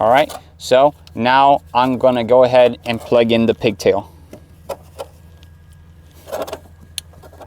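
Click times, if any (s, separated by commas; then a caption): 7.0 s. The wiring pigtail connector of a 2006–2014 Honda Ridgeline is plugged onto the fuel pump module on top of the fuel tank during a fuel pump replacement. Someone talks for the first four seconds, then soft handling noises follow before a sharp click at 6.9 s. The click shows the connector is seated correctly.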